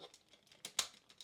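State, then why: Seated. A plastic part of a Dark of the Moon Leader Class Bumblebee transforming robot figure is brought up and over, then pressed into its slot amid faint, crinkly plastic handling sounds. Sharp clicks at 0.7 and 0.8 seconds mark the panel locking into place, and it stays locked in nicely.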